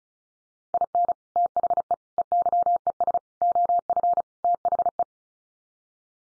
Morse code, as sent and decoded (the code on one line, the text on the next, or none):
.. -. / - .... . / . -.-- . ... / --- ..-. / - .... .
IN THE EYES OF THE